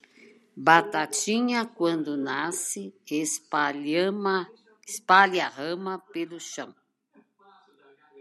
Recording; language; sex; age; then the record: short text; Brazilian Portuguese; female; 70 to 79 years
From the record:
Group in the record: control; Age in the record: 71 years